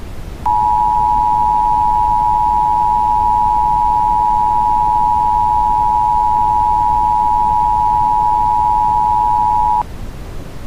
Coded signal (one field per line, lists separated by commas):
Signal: Emergency Alert System (SAME) tones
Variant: 853 and 960 Hz attention tone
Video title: We Are Number One but interrupted by the Emergency Alert System